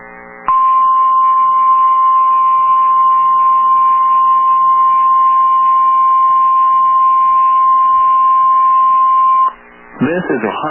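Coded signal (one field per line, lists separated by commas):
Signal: Emergency Alert System (SAME) tones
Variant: 1050 Hz attention tone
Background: speech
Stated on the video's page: High wind warning and required weekly test from weather radio station KEC76, Colorado.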